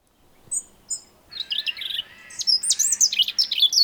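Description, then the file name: European robin song: a few thin high notes, then a quick run of sweet, tumbling warbled phrases that rise and fall at very high pitch. "Erithacus rubecula"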